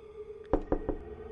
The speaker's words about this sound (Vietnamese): 3 tiếng cộc cộc cộc lại một lần nữa vang lên trong màn đêm thâm tối, như một tiếng chuông báo hiệu có kẻ đang ở gần. Thông qua chiếc gương, cô nhìn thấy trên khung kính cửa sổ hiện lên một bàn tay gầy gò.